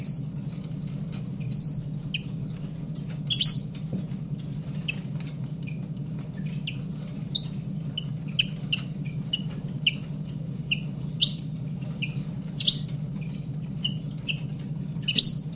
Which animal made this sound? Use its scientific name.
Phylloscopus collybita